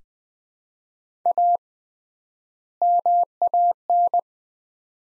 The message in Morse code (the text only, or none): A MAN